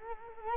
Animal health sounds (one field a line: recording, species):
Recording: mosquito wingbeat signal from an infrared sensor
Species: Culex quinquefasciatus